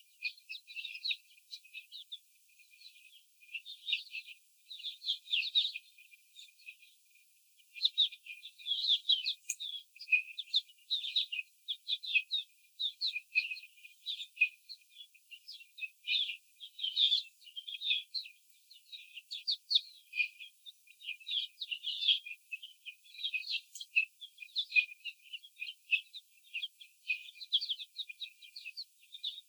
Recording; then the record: young laying hens in a cage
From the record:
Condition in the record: after the stressor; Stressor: simulated dog barking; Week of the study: 4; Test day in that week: 2